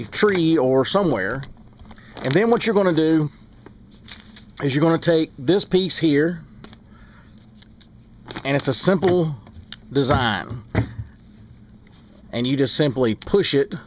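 Someone talks while picking up and handling the plastic hose fitting for a gravity water purifier coupling, before pushing it into the coupling. Between the speech there are only faint, brief handling ticks and taps. Nothing has seated or clicked yet.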